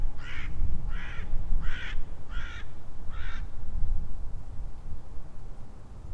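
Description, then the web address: Bird giving five harsh, hoarse caws at a steady pace, then falling silent, over loud rumbling low noise. "Deverinetal 2025 File origin Bird Only"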